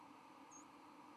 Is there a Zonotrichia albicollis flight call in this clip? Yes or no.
no